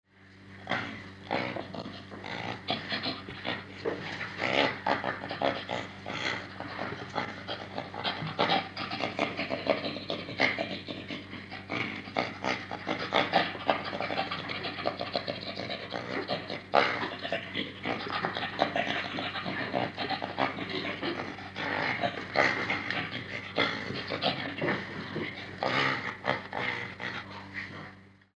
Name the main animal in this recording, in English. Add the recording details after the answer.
Western Gorilla. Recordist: Tembrock, Günter. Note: "Lachen" eines 2-jährigen männlichen Jungtieres